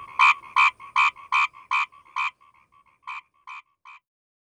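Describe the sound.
Asian grass frog uttering loud rasping croaks with softer notes between them, the series fading and thinning toward the end.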